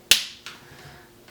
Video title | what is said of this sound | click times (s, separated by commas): Laptop screen replacement / How to replace laptop screen Acer Aspire V5-571 | you'll hear it popping as you pull this off. That's natural. That's just it coming apart. | 0.1 s, 0.5 s